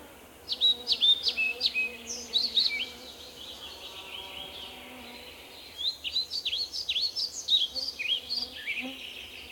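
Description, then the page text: Flycatcher song: two lively runs of high, clear, swooping notes, each lasting several seconds with a brief lull between, over a soft background hum. "Мухоловка пение. Zvukogram"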